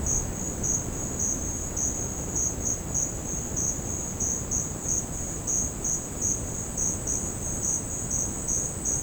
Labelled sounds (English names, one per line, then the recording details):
none
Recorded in secondary vegetation near Puerto Asís, Putumayo, Colombia, on 8 March 2025 at 12:30
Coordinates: 0.481, -76.318
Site G097